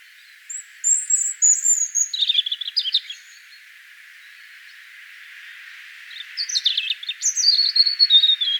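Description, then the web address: European robin giving two song phrases separated by a quiet gap, each a jumbled run of high whistles and twittering notes. "vogelstimmen rotkehlchen gesang nabu lars lachmann"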